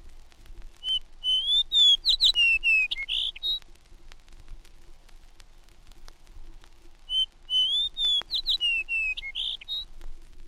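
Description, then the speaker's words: Fox Sparrow singing a bright, musical phrase of mixed whistles and slurred notes, repeated twice with a pause of several seconds between phrases. Two birds recorded: one near Hudson Bay, a second in Canadian Labrador; species nests in northern spruce forest. "Here a bird sings near Hudson Bay and a second one in Canadian Labrador."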